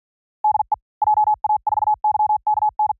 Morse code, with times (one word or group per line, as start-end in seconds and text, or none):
0.4-0.7 DE
1.0-2.9 JA4YKN